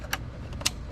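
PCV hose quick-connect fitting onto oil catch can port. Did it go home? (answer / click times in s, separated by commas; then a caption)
yes / 0.7 s. A PCV hose quick-connect fitting is pushed onto the port of a J&L oil catch can on a Mustang GT and clicks on at 0.66 s, seated. A fainter sharp tick comes at 0.13 s, with softer taps around 0.5–0.6 s, over a low steady background hum.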